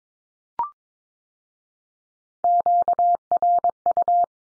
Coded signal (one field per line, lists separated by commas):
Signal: Morse code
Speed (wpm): 22 wpm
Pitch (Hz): 700 Hz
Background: none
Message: QRU